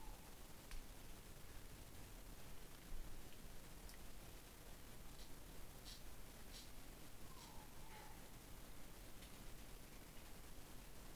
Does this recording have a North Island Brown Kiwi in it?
no